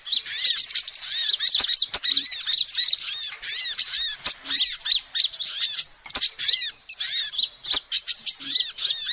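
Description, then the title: Lovebird calls, dense shrill twittering and squeaky chirps almost without pause, scattered sharp clicks throughout. Lovebird calls used as a lure to trap birds. "PIKAT BURUNG LOVEBIRD"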